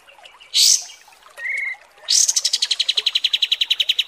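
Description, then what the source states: Kapas tembak song: a sharp high note and a lower buzzy note, then a fast chattering series of even notes. Masteran (song-training) recording of kapas tembak song, described as mewah.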